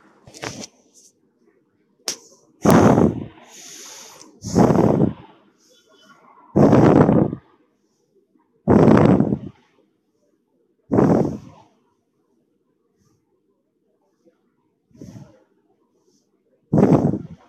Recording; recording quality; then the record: shallow breathing; excellent, no background noise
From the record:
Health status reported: healthy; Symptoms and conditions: none ticked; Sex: male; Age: 22 years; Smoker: not ticked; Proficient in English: yes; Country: India